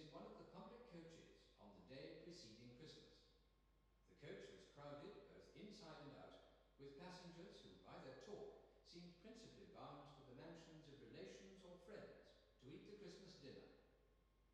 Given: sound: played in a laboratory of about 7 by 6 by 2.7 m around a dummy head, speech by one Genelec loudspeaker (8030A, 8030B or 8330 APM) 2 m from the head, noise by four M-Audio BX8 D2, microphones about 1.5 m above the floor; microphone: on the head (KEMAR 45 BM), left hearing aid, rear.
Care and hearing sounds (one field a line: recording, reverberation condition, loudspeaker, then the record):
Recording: male speech in English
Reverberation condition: high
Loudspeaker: 30 degrees to the right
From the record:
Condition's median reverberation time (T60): about 1300 ms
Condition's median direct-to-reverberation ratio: about -4.0 dB